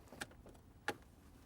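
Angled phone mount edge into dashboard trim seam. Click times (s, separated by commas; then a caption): 0.9 s. A ProClip USA angled plastic phone mount for a 2015 Lincoln Navigator has the sharper, arrow-shaped half of its edge slid into a very tight seam in the dashboard trim, starting at a lower corner. A sharp tick is heard at 0.2 s, followed by faint rustles and a louder click at 0.9 s. At that click the mount edge seats in the dash seam and is in place.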